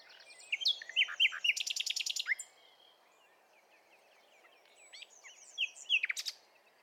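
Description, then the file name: Common nightingale song: varied whistled notes and a quick run of sharp repeated notes, a quiet stretch of soft twittering, then further loud slurred notes. "Luscinia megarhynchos"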